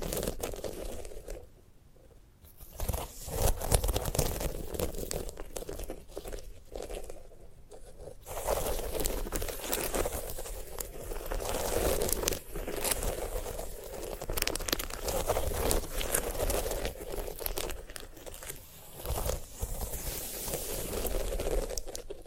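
A sunflower head is handled in a run of crackling, tearing and crunching noises that make a dense, uneven texture. The first eight seconds are sparser, with short bursts and brief quiet gaps. After that the rustling grows fuller and steadier, with sharp snaps scattered throughout.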